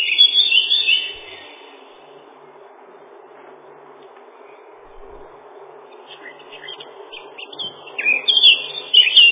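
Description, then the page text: Lesser whitethroat song: a scratchy twittering burst at the start, several seconds of near silence, then the chattering warble resumes and grows louder at the end. "Славка-завирушка, или славка-мельничек — Sylvia curruca"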